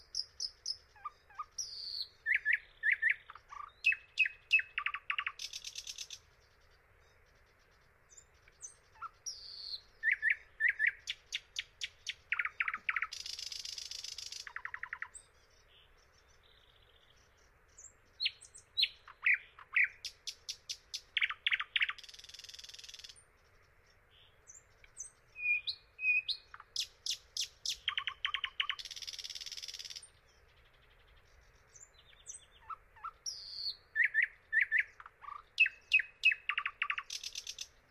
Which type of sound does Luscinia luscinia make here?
song